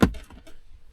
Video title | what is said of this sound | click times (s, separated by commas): Vacuum Pump Oil Leak Fixed! And Boom... Roadside Repair in the Alps! Land Rover Discovery / S5-EP44 | snaps back in here I hope | 0.0 s